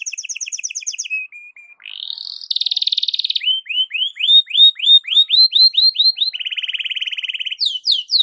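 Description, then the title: Belgian canary song: short trills, a buzzy roll, then a run of rising whistled slurs repeated about four per second, another trill and fast descending notes. Belgian canary morning song, used to warm up canaries and suited for tutoring other birds (masteran). "Canto Para Esquentar Canário Belga. SUARA BURUNG KENARI DI PAGI HARI COCOK BUAT MASTERAN"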